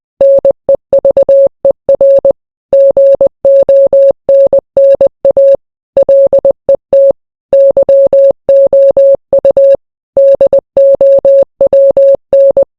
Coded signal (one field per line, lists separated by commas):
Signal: Morse code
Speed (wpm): 20 wpm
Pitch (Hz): 550 Hz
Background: none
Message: NEVER GONNA LET YOU DOWN